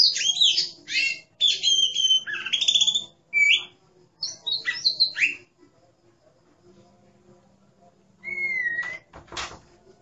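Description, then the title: Oriental magpie-robin song: rapid varied bursts of sharp, high whistled and chattering phrases for several seconds, a quiet pause, then one clear whistle. "Kacer"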